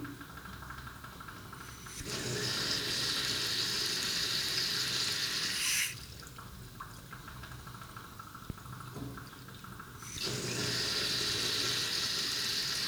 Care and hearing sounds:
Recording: daily activity, guitar pickup as the sensor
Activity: flush

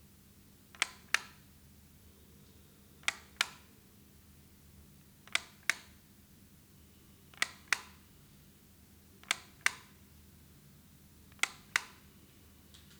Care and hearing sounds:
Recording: daily activity, guitar pickup as the sensor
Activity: operate light

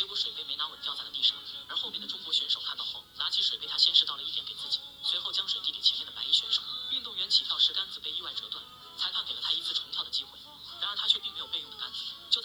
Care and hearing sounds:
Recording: daily activity, guitar pickup as the sensor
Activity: browse video

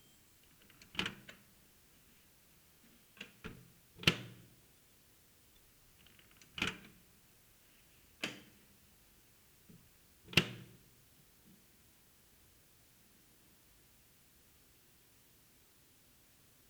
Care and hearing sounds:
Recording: daily activity, guitar pickup as the sensor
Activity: use microwave

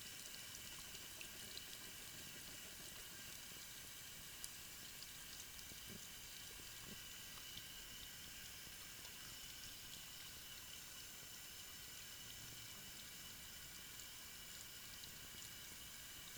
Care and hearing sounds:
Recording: daily activity, guitar pickup as the sensor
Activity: wash hands

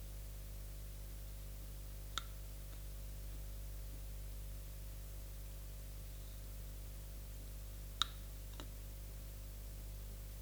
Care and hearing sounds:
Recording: daily activity, guitar pickup as the sensor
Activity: eat

